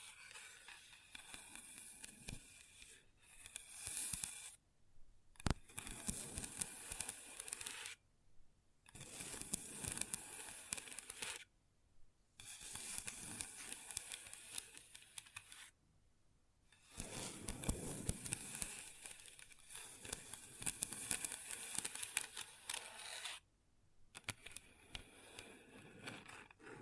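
Long nails tap and scratch across a tabletop in bursts of a few seconds, broken by short silent gaps around 5, 8, 12, 16 and 24 seconds. The scratching is dense, crisp and bright, with rapid ticking taps and an occasional sharper knock.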